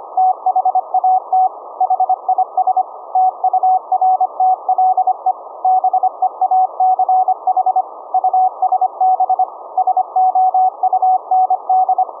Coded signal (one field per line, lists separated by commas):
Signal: Morse code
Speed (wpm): 25 wpm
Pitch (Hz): 750 Hz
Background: none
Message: THAT HIS TURTLE BEACH USB SOUND